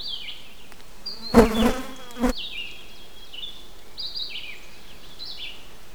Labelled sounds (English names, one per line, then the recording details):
Red-eyed Vireo song
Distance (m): 10 m
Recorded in boreal forest in Alberta, Canada, on 6 June 2016 at 08:35
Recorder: SongMeter 3, array SBT-3-51
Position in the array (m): 145 m, 78 m